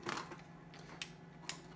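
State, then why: Seated. A hand microphone's RJ45-type plastic plug is pushed into the socket on the front of a CRT Micron dual-band VHF/UHF radio. A few short clicks and rustles lead up to a sharp latch click at 1.5 s, and the plug is seated and properly locked.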